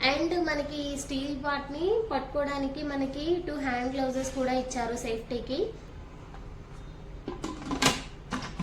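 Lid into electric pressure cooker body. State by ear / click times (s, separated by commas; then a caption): seated / 8.3 s. A stainless steel lid is placed on an Agaro electric pressure cooker body and turned until it locks, while someone talks for the first part. After the talking stops, a few clunks of the lid are heard, and a sharp click at 8.3 s marks the lid locking into place.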